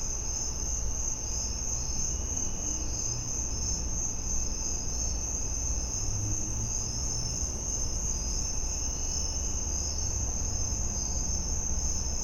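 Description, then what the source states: Crickets keep up an even, high-pitched chirping chorus without pause, set against a constant low-frequency rumble. In a suburban back yard.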